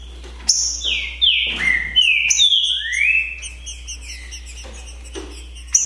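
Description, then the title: Green-winged saltator song of several bright slurred whistles, some falling and one rising, in a single run followed by near quiet and faint clicks. Song contest (disputa) between trinca-ferro birds Naval and Demolidor, 2022 season; birds calling, singing and 'macheando' in the contest. "É UMA DISPUTA DE TRINCA FERRO PERFEITA!! NAVAL VS DEMOLIDOR 2022!"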